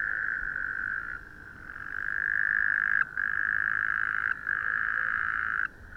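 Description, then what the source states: Frog calling in a long, even trill that runs for seconds at a time, broken by a few brief pauses. Recorded 11 January 2014.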